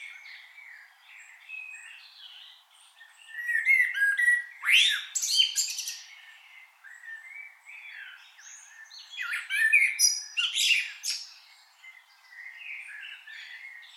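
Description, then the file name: Common blackbird uttering mixed warbled phrases and harsh squeaky chatter, with two louder clusters of high twittering notes separated by softer phrases. "Turdus merula"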